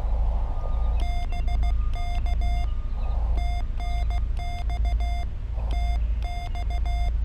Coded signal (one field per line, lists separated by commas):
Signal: Morse code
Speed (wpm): 16 wpm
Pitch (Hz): 3500 Hz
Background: none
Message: BK TNX TX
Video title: CW POTA CRAB at Biscayne National Park